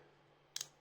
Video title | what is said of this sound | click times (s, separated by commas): Scorpio Spear!!! Let's Take A Look | You probably heard it click as I turn that. | 0.6 s